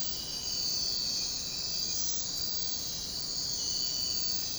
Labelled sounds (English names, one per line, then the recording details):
none
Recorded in secondary vegetation near Puerto Asís, Putumayo, Colombia, on 13 March 2025 at 04:30
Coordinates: 0.484, -76.319
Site G010